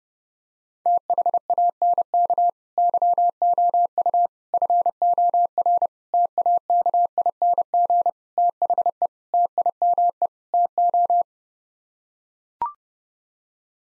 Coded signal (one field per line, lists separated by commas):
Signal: Morse code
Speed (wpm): 32 wpm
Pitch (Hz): 700 Hz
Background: none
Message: THANK YOU FOR TAKING THE TIME TO